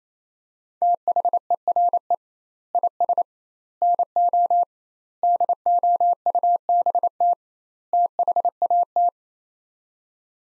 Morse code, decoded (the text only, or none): THERE IS NO DOUBT THAT